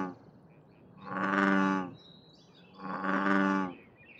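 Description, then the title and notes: American bullfrog giving two deep, resonant, cow-like drones close together over a steady low background hum. Bullfrog in a noisy urban nature area of Seattle, Pacific Northwest, in the morning, with plane and road traffic; recorded with a parabolic reflector dish, light noise reduction and high-pass filter. "a bullfrog at the Union Bay Nature Area"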